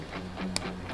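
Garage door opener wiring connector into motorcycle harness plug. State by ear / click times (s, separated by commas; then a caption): seated / 0.6 s. The second plastic wiring connector of a garage door opener is plugged into the motorcycle harness plug on a Harley-Davidson Touring bike. Over a steady low tonal hum, a single sharp, bright click sounds at 0.6 s. The connector seats with a good, solid connection.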